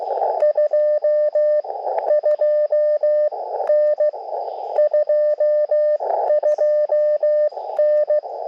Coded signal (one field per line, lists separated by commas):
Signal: Morse code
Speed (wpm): 15 wpm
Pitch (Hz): 600 Hz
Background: radio noise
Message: 22N 22N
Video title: Quick POTA Activation QRP CW 5/13/23 @ K-3684